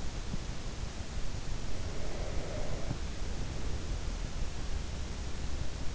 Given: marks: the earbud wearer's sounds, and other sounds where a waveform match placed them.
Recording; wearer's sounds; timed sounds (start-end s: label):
sounds in sleep by an in-ear microphone; breath
0.94-4.12 s: breath